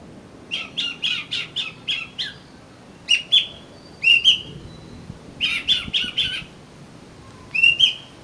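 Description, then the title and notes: Oriental magpie-robin song: quick bursts of harsh chirping notes alternating with short clear whistled phrases, separated by brief pauses. "suara kacer. kumpulan suara burung kacer"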